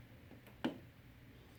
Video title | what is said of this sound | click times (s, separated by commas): Yardworks 40V snow thrower won't turn on | hear that click | 0.6 s